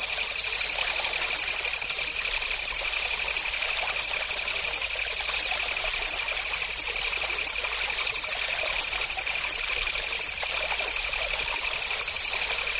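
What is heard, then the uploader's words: A stream flows steadily beneath a dense chorus of insects. High, bright insect calls pulse in a fast, regular rhythm, several layers at different pitches, while the water adds a soft, even rush. Little low sound and no distinct events; the scene stays constant throughout. A chorus of streams and insects. The flow of a stream and the sounds of various insects (Partially recorded).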